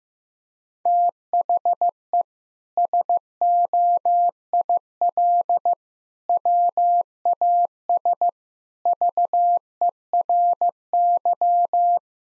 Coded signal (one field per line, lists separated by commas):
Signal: Morse code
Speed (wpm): 15 wpm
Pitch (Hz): 700 Hz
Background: none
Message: THE SOIL WAS VERY